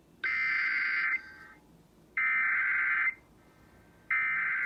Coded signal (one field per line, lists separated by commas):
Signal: Emergency Alert System (SAME) tones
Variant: header bursts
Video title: 8/30/20 EAS Alerts Compilation(EAS 78-92)